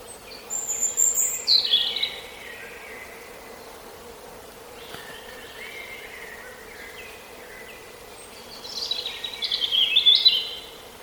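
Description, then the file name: European robin singing thin, high phrases, louder at the start and end with quieter phrases between, over a steady low hum. "Erithacus rubecula"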